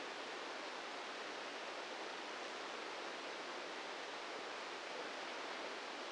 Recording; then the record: brain microelectrode recording played as sound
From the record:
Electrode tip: inside the subthalamic nucleus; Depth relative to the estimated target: -1 mm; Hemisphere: left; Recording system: NeuroSet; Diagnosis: Parkinson's disease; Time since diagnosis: 8 years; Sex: male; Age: 46 years